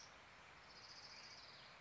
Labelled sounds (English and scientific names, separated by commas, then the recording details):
Orange-crowned Warbler (Leiothlypis celata)
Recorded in Sonoma County, California